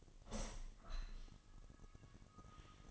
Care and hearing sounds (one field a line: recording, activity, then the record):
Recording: daily activity, microphone in the room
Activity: open window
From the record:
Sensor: 4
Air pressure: 1005.5 hPa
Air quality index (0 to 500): 91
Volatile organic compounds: 2 ppm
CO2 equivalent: 1117 ppm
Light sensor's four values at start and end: 13/29/11/11 and 13/29/11/11